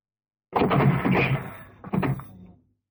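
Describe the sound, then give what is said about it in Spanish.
A door creaks and scrapes open for about a second and a half, followed by a second shorter rattling push before it settles into quiet. “Solo hay esa otra puerta.”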